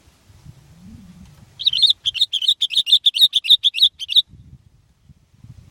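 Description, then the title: Sooty-headed bulbul giving a fast chattering run of many bright, even notes over about two and a half seconds, with a faint low rumble before and after. "kutilang"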